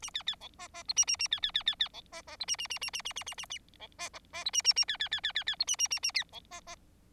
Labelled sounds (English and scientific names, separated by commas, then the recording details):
Bengalese Finch (Lonchura striata domestica) song
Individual Bird4